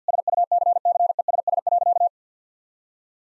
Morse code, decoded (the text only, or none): SUCCESS.